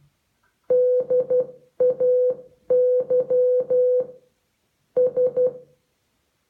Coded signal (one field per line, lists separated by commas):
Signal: Morse code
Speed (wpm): 12 wpm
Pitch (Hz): 500 Hz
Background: music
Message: DAYS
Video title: Morse code with Amazon Echo - Alexa teaches you how to Morse code